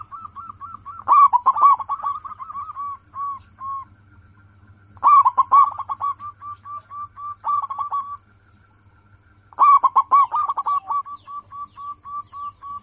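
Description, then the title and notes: Zebra dove song in several phrases, each a quick rattling burst trailing into a series of even, spaced coos, with a low background hum. Local zebra dove (perkutut lokal), said to be in full voice (gacor) with a loud, crystal-clear voice. "PERKUTUT LOKAL GACOR Suara KRISTAL LANTANG. Kicau Burung Perkutut"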